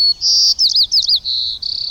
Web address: white crowned sparrow